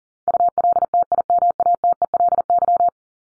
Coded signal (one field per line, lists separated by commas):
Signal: Morse code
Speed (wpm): 38 wpm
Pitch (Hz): 700 Hz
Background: none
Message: ULTIMATELY